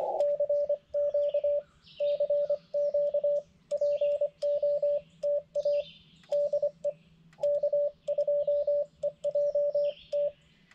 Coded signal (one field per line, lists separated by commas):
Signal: Morse code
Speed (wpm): 25 wpm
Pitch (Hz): 580 Hz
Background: radio noise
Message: CQ CQ POTA DE K2EJT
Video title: Morning CW POTA at Long Pond State Forest with the Xeigu G90